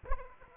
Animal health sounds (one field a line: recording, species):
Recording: mosquito wingbeat signal from an infrared sensor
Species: Aedes aegypti